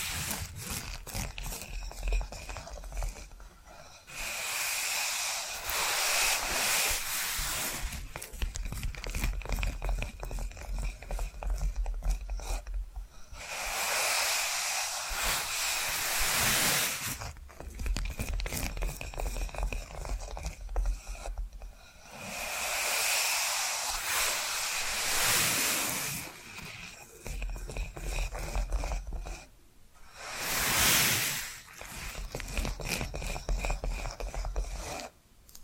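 Tapping and scratching sounds: long stretches of dense, rasping scratches, like rubbing or filing on a rough surface, with a steady low rumble underneath. Short quieter gaps break the scratching near 4, 13, 17, 22 and 29 seconds, and a bright hissing burst rises around 31 seconds.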